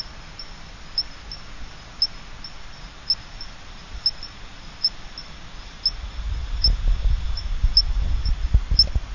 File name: Adenomera marmorata